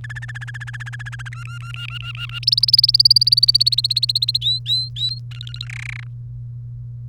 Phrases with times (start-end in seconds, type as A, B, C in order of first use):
0.04-1.28 A, 1.32-2.39 B, 2.43-4.38 C, 4.41-5.19 D, 5.31-5.66 E, 5.67-6.04 F